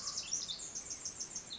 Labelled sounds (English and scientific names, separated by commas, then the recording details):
Pacific Wren (Troglodytes pacificus)
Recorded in Sonoma County, California